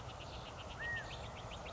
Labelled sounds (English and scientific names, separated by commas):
California Quail (Callipepla californica)